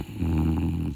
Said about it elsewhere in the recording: Right now I got two snoring bulldogs. Actually, they're snoring pretty softly. Yep, that's Pippa. She has insisted on sitting on the couch with me.